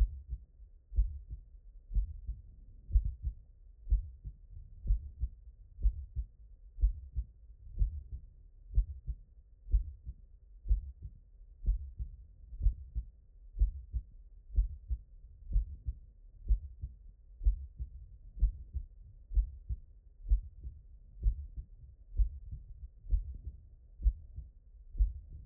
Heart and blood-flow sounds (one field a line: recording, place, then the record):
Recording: heart sounds by stethoscope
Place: mitral valve (MV)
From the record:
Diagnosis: non-HFrEF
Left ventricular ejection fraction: 46%